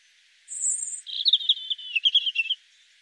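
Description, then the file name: European robin song: a thin, high sustained whistle leads into a rippling trill of liquid notes. "Erithacus rubecula"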